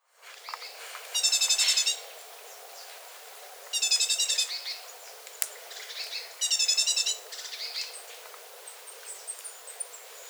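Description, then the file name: Great tit churring call repeated three times, each a dense burst of fast grating notes, with faint high twitters afterward. "Parus major"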